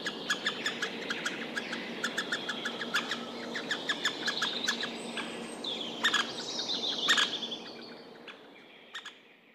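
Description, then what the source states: White-backed Woodpecker begging calls, busy repeated sharp chirps in uneven series, a few louder calls after the middle, fading toward the end over low hum. Nestlings begging with the parent answering; recorded decades ago in late May beside a road in Nastola, Finland.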